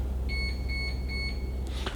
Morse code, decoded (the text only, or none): none